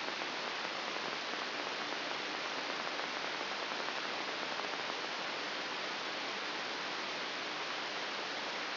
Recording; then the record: brain microelectrode recording played as sound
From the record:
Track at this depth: inside the subthalamic nucleus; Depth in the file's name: 5.401 mm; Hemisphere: right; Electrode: 3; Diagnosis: Parkinson's disease